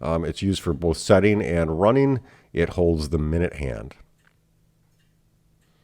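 Someone talks while a canon pinion, the small steel gear that holds the minute hand, is handled for pressing onto the center wheel arbor of a vintage 1950s Bulova mechanical watch movement. The talking stops around 4 s, leaving near silence with one faint tick at 4.3 s. The clip ends before the pinion goes home; nothing has seated or snapped into place yet.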